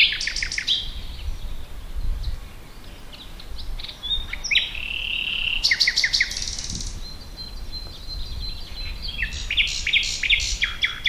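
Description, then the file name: Common nightingale song with varied phrases: clicking bursts, a buzzy rattle, a long thin whistle, and dense chattering notes, separated by short pauses. "Luscinia megarhynchos"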